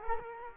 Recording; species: mosquito wingbeat signal from an infrared sensor; Culex quinquefasciatus